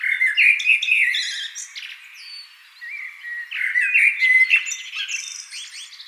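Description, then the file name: Common blackbird singing two phrases of fluted, slurred notes with high scratchy twitters, a brief lull between them. "Turdus merula"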